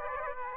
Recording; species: mosquito wingbeat signal from an infrared sensor; Aedes aegypti